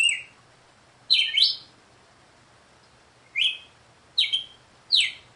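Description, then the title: Red-cowled cardinal whistling brief downslurred notes: a note cut off at the start, then a doubled phrase, then after a long gap a few more spaced notes, one of them doubled. Female red-cowled cardinal singing; the song is presented as a way to get a male to sing the 'açoite' song style. "Canto Galo Campina Fêmea. COMO FAZER SEU GALO CAMPINA CANTAR AÇOITE"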